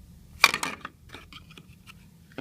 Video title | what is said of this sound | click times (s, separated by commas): How To Change Motion Detector Batteries in GE & Interlogix. Part #s NX-481 & 60-807-95R | and it'll snap into place underneath a little ledge here and here | 0.4 s